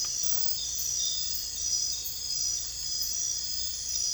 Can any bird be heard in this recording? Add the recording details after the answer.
no. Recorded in dense forest near Puerto Asís, Putumayo, Colombia, on 22 December 2024 at 00:00. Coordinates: 0.484, -76.317. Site G026